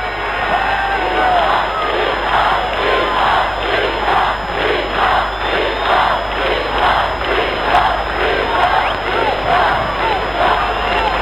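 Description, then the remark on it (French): A huge, near-ecstatic crowd at a summer concert show cheers and shouts continuously, a dense roar of many voices with a steady, pulsing swell, loud and unbroken for the whole stretch. “La foule quasiment extatique.”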